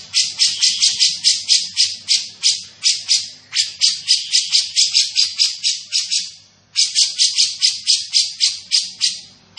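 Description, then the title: Grey-cheeked bulbul delivering a long, steady string of buzzy, rasping notes at roughly four per second, with a brief break. Bird described as in full, active voice ('gacor'), with a dense, clear sound. "Cucak Jenggot Gacor, Suara Rapat Dan Jernih"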